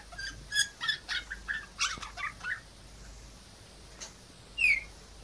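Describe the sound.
P. cineracea calls: a rapid series of short, sharp chirps in the first two and a half seconds, then near silence and one clear downslurred whistle near the end.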